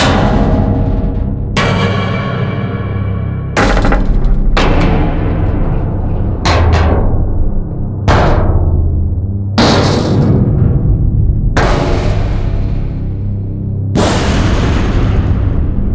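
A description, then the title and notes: Heavy metal impacts, clanks and clunks strike one after another, about every one and a half to two seconds, with one quick double hit near six and a half seconds. Each blow starts bright and sharp, then rings and rumbles away low until the next. Heavy Metal Impact Sound Effects. A wide variety of different clanks and clunks. Old and rusty sheet metal to huge steel door.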